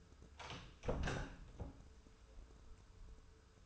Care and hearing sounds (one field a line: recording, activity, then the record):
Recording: daily activity, microphone in the room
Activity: close door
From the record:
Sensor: 2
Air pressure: 1015.1 hPa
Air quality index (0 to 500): 173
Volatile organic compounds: 10 ppm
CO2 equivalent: 2253 ppm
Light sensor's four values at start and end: 10/28/10/11 and 11/31/12/13